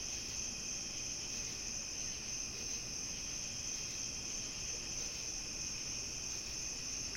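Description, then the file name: Cricket chorus of steady high trilling, many insects overlapping without pause, over faint low-frequency background noise. Summer night; binaural. "Crickets on Summer Night binaural"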